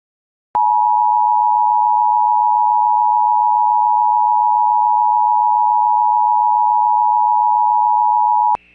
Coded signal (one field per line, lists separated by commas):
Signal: Emergency Alert System (SAME) tones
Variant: 853 and 960 Hz attention tone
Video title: EAS Alerts From 7/18/23 (EAS #1917-1936)